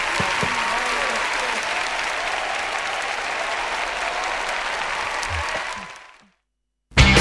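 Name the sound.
audience applause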